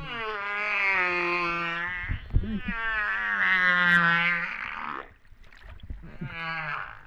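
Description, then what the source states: Humpback whale wailing calls: sustained harmonic tones, steady and slightly wavering, in two long units and a shorter final one, with brief low thumps between. Recorded at Réunion on 13 September 2011 at 08:35:04.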